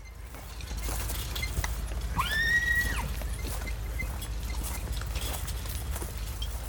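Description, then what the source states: Horse whinny: one short, arched cry near the middle, over a steady low rumble. Working horses of Cheval des Vignes, used since 2010 to plough vineyard soils in the Bordeaux region, Gironde; 20 horses and 6 drivers work over 100 hectares of vines.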